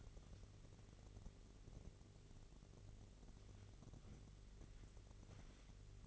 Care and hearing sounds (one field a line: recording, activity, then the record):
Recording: daily activity, microphone in the room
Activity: wipe stove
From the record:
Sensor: 4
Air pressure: 1002.4 hPa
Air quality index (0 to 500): 215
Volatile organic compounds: 12 ppm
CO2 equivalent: 2326 ppm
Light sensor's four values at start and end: 19/67/24/24 and 19/67/25/24